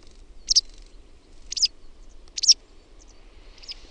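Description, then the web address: White wagtail calls: three short high chirpy bursts about a second apart, then fainter ones, with faint low background hum. "OMAT AANITYKSET VASTARAKKI"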